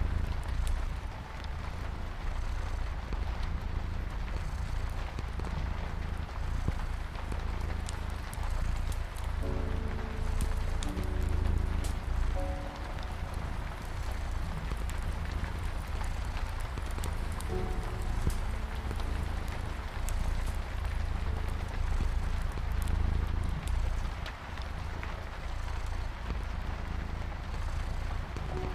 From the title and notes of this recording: A rainy day in cozy bedroom with crackling fireplace and cat purring sounds. Rain pattering on the window. You also hear the sound of crackling fireplace and cat purring softly with soothing piano in the background.